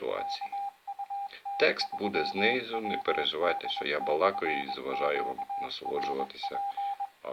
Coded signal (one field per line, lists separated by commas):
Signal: Morse code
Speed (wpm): 21 wpm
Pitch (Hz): 800 Hz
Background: speech, radio noise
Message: K UT3WD/QRP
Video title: Morse code by UR5GAW. Вивчення коду Морзе ефірним методом від UR5GAW. Урок 2